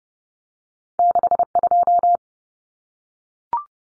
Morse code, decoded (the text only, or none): 62